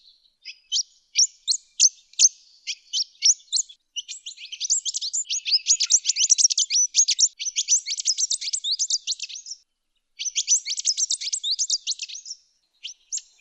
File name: pintail whydah